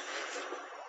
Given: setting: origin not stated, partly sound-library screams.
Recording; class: one-second piece from a danger detection set; woman in danger